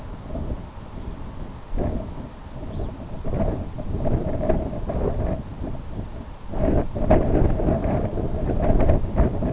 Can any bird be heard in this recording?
yes